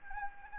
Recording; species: mosquito wingbeat signal from an infrared sensor; Anopheles arabiensis